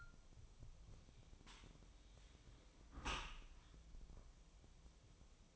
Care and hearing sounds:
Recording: daily activity, microphone in the room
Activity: close dishwasher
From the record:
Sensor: 1

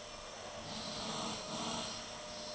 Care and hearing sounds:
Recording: daily activity, microphone in the room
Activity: vacuum cleaning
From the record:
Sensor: 4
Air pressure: 1010.4 hPa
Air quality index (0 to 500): 179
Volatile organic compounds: 5 ppm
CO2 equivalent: 1813 ppm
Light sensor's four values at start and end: 33/98/38/38 and 33/98/38/38

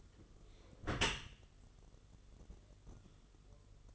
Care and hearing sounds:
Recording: daily activity, microphone in the room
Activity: close dishwasher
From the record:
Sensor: 4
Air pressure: 1015.8 hPa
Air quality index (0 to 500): 113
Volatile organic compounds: 2 ppm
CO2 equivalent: 1274 ppm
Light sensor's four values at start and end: 8/18/7/7 and 8/18/7/7

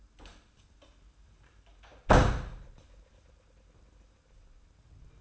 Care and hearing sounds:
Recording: daily activity, microphone in the room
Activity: close door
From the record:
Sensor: 2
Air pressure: 994.2 hPa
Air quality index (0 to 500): 206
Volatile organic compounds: 1000 ppm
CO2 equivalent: 6836 ppm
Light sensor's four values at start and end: 80/187/78/78 and 77/181/75/75

